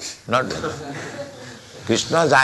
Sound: laughter

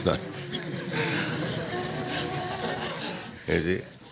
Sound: laughter

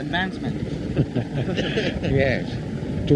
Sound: laughter

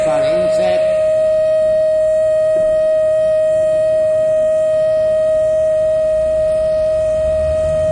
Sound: loud feedback

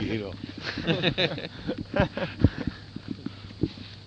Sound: laughter

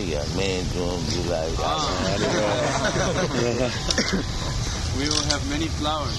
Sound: devotees laugh

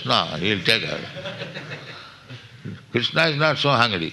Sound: laughter

